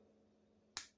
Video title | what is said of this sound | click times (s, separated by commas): #modifiedmonday @AWCustomDesigns @theknifedoctor @tedhart7708 #kniferepair #knifecommunity #edc | Now hear that snap? | 0.8 s